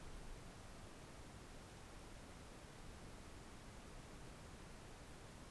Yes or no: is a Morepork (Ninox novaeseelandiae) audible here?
no